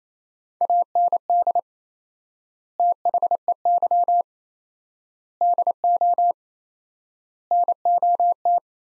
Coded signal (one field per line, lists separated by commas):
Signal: Morse code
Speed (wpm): 27 wpm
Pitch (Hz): 700 Hz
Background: none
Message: AND THEY DO NOT